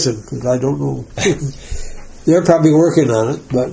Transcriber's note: laughing